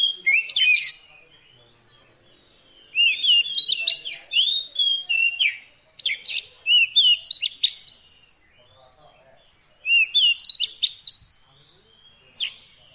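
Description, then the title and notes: Oriental magpie-robin song: clear whistles mixed with scratchy chips, grouped in lively bursts of one to three seconds with silent gaps between. Long-duration fill-in song for training a kept kacer to sing actively day and night. "Kacer Jadi Gacor Siang Malam. Isian Kacer Durasi Panjang"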